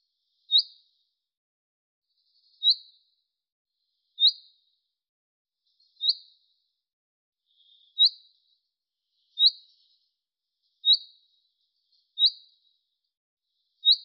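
Bird calls: nine brief, high chirps repeated steadily about every one and a half to two seconds, nothing else audible.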